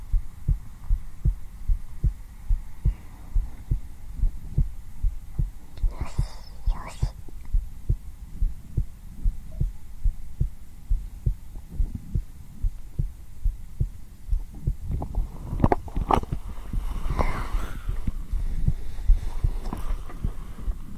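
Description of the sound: Soft, low thumps repeat steadily throughout in paired lub-dub beats: a calm, normal adult heartbeat heard close against bare skin through a black 3Dio binaural microphone, for ASMR. Brief rustling and whisper-like noise occur around the sixth and fifteenth to eighteenth seconds.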